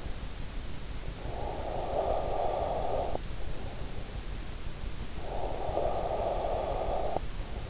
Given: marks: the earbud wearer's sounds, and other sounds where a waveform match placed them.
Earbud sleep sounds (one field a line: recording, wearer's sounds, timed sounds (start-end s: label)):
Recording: sounds in sleep by an in-ear microphone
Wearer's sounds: breath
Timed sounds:
0.80-3.60 s: breath
5.12-7.69 s: breath